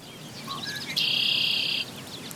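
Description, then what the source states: Red-winged blackbird song: a few short high introductory notes, then a loud buzzy trill lasting nearly a second. Often seen and heard around ponds, marshes, streams and other wet areas.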